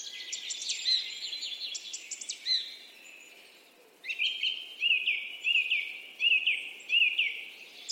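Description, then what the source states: Bird song beginning with rapid twittering, then after a pause a steady series of short upslurred whistled notes over softer chatter. Singing, chirping.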